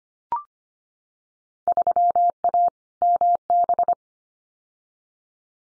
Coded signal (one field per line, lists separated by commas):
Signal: Morse code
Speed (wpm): 25 wpm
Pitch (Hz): 700 Hz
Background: none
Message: 3A MB